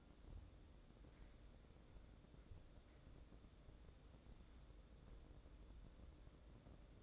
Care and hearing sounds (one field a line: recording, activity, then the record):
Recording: daily activity, microphone in the room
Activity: wipe stove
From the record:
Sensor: 3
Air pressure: 1012.3 hPa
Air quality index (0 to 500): 171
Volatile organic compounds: 2 ppm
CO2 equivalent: 1314 ppm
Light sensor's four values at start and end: 558/1383/570/578 and 556/1377/568/576